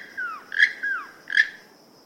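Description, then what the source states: Keel-billed Toucan song: a falling slurred note, then a dry, croaking creak, repeated twice in about two seconds. Songs heard at Mayan archaeological ruins such as Calakmul, Mexico; species ranges from southern Mexico to Venezuela; also called Rainbow-billed Toucan.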